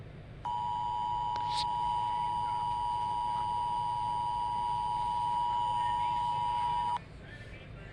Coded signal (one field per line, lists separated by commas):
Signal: Emergency Alert System (SAME) tones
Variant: 853 and 960 Hz attention tone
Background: speech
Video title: eas scenario 1:the break in